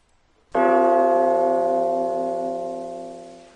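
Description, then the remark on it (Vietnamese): A single bell toll strikes sharply and rings on, its rich harmonic tones lingering and slowly fading over several seconds, with no other sounds. “Một tiếng chuông thong thả không biết từ chỗ nào vang lên, kéo dài thật lâu không dứt.”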